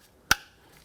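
A door speaker on a 2011–2018 Ram 1500 is pressed into its mounting in the door. A single sharp, loud snap rings out at 0.3 s against a quiet background, then fades quickly. The speaker is seated in place.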